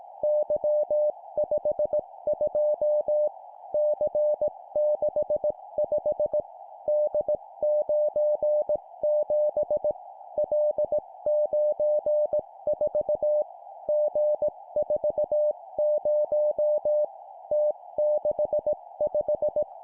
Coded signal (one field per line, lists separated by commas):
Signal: Morse code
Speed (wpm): 18 wpm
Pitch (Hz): 600 Hz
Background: music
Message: Y52 C65 D97 L94 G40 T65